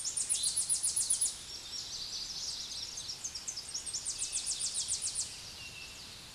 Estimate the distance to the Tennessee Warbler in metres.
about 35 m